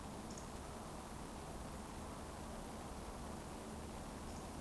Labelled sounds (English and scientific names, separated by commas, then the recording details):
Eurasian Woodcock (Scolopax rusticola) whistle
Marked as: whistle, whistle
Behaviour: display flight
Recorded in Baden-Württemberg, Germany, on 24 June 2020 at 20:19 UTC
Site 14569, 102 m above sea level